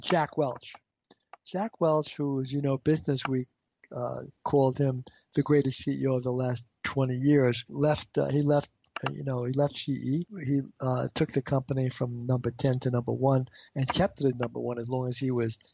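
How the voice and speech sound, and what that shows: An adult man, a marketing executive, speaks with a low voice and a halting rhythm. He repeats phrases ("left... he left"), stretches vowels with stalled pauses before "took", and breaks the flow several times. These mild repetitions and blocks fit his stutter, a speech impediment.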